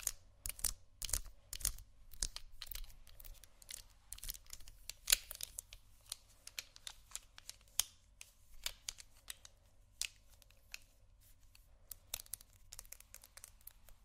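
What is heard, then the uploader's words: Someone rummages through a makeup bag, making a busy run of sharp clicks, taps and crinkly rustles. The knocks come in quick irregular clusters, densest in the first few seconds, then thin out with scattered bright snaps near five, eight and ten seconds over a faint low hum. ASMR Rummaging Through My Makeup Bag （No Talking）.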